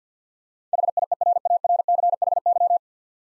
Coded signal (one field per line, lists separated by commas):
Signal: Morse code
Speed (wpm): 52 wpm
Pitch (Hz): 700 Hz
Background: none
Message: HIERARCHY